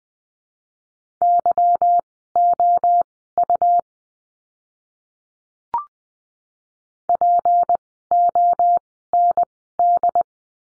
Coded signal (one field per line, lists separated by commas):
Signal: Morse code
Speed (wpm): 20 wpm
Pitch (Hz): 700 Hz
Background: none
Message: YOU POND